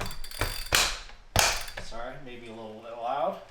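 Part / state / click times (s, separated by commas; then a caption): shoe cleat into clipless bike pedal / seated / 0.8 s, 1.4 s. Cycling shoe cleats are clipped into clipless pedals on a bike mounted to a Wahoo KICKR CORE 2 trainer with a Zwift Cog installed. Sharp clicks sound as the cleats seat at 0.8 s and 1.4 s, with smaller taps around them. Then someone talks.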